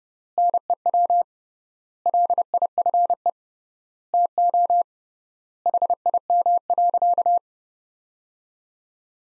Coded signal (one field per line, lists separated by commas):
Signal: Morse code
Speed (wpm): 30 wpm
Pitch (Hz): 700 Hz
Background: none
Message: NEW LIFE TO HIM.